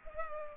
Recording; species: mosquito wingbeat signal from an infrared sensor; Culex pipiens